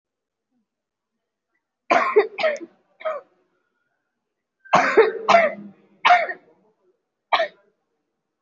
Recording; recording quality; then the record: heavy voluntary cough; excellent, no background noise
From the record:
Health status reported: respiratory illness, not identified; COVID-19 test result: negative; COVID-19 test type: RT-PCR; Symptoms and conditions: cough, cold, breathing difficulty, asthma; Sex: female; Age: 20 years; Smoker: no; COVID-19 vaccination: one dose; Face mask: worn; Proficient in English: yes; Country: India